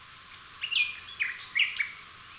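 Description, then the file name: Common nightingale song fragment: a few quick, slurred chirping notes over soft background noise. "Luscinia megarhynchos"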